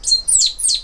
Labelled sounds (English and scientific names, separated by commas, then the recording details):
Stitchbird (Notiomystis cincta) song
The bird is a male
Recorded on Tiritiri Matangi Island, New Zealand, in 2005
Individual 10, of nest box 12